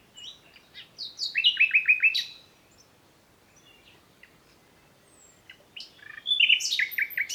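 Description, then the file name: Common nightingale song: a rapid run of repeated slurred down-sweeping notes, a pause of several seconds, then another burst of fast, varied phrases. "Luscinia megarhynchos"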